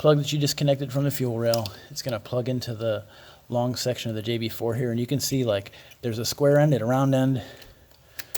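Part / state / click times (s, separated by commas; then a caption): fuel rail sensor plug into tuner harness connector / not seated / none. Someone talks while handling the plug disconnected from the fuel rail of an M235i (F22, N55, RWD, automatic), lining it up by its nub and pushing it toward the long section of the JB4 tuner harness connector. A few faint, brief ticks sound in the last half second, and the clip ends before the plug goes home, so nothing has seated or clicked yet.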